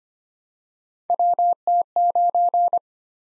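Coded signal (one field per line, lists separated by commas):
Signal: Morse code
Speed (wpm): 25 wpm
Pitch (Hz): 700 Hz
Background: none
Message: WT9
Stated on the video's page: Morse practice drill of random three-character letter and number groups at 25 wpm, each sent twice for head-copy.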